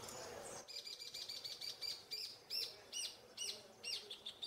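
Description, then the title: Saffron finch song: rapid series of bright, high chirps and looping whistled notes, some rising and falling, repeated steadily after a brief hiss of noise at the start. "Jilguero Argentino"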